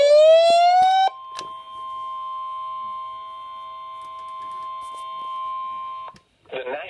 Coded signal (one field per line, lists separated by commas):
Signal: Emergency Alert System (SAME) tones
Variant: 1050 Hz attention tone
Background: speech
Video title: Severe Thunderstorm Warning EAS at Jack’s House